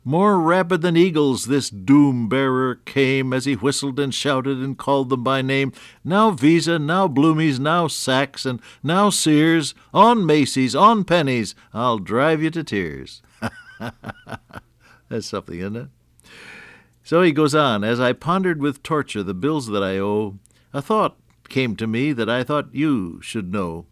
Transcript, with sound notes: More rabid than eagles, this doom-bearer came, as he whistled and shouted and called them by name, ‘Now Visa, now Bloomies, now Saxon, now Sears, on Macy’s, on pennies, I’ll drive you to tears.'” [laughter] That’s something, ain’t it? So he goes on. “As I pondered with torture, the bills that I owe, a thought came to me that I thought you should know.